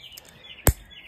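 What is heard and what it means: A plastic strap clip is opened again, releasing from its latch with a single sharp click at 0.7 s, so the clip is open. Before that there are only two faint ticks and quiet high chirp-like tones over low background noise.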